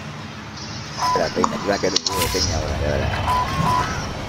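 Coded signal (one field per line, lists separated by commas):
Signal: none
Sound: game sound beeps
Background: speech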